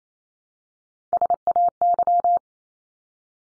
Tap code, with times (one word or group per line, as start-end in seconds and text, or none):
none